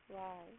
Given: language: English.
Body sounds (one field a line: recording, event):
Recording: throat vibration sensor signal played as sound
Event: speech